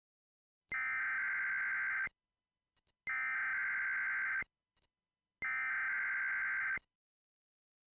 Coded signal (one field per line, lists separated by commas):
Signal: Emergency Alert System (SAME) tones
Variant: header bursts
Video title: EAS Required Monthly Test